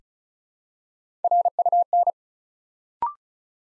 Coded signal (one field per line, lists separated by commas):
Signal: Morse code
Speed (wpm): 36 wpm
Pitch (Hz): 700 Hz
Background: none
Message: RUN